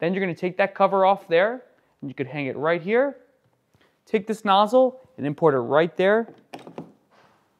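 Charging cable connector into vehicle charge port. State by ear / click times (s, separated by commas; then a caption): seated / 6.5 s, 6.8 s. Someone talks while the cover is taken off the charge inlet of a 2025 Bentley Continental GT Speed, ready to charge its hybrid battery. The charging nozzle of the cable connector is then pushed into the car's charge port. It latches with a solid plastic-metal thunk at 6.5 s and 6.8 s, seating the connector.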